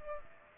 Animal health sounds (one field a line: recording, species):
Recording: mosquito wingbeat signal from an infrared sensor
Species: Aedes aegypti